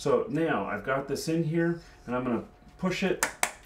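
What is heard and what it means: A Corsair XMS3 DDR3 memory stick (4 GB, from a 2 x 4 GB kit) is being positioned for a thumb press, with even pressure along its length, into a motherboard DIMM slot with two retention clips, while someone talks. The clip ends just before the module goes home, so nothing has seated or clicked yet.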